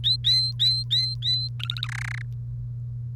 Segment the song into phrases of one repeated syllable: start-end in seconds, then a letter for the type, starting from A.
0.04-1.48 A, 1.60-1.88 B, 1.89-2.22 C